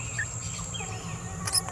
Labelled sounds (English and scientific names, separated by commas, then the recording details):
Green-rumped Parrotlet (Forpus passerinus) babbling
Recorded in a nest box in Venezuela
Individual 18B17A4